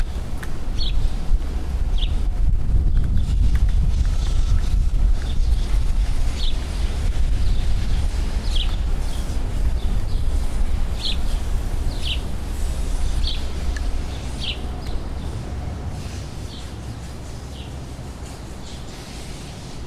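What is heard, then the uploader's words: An outdoor scene with a steady, heavy rumble of wind filling the low end. Short, bright bird chirps repeat every second or so, fairly evenly spaced, over a soft hiss. The rumble eases slightly toward the end. The quiet and relaxing atmosphere of a sunny summer afternoon.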